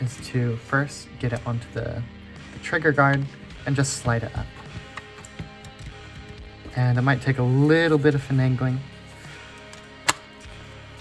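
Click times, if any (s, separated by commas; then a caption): 10.1 s. Someone talks over background music while a 3D-printed plastic blaster piece is slid up onto a trigger guard, with a few faint taps around 5.0 to 5.4 seconds. After some finagling, the piece snaps into place with a single sharp click at 10.1 seconds.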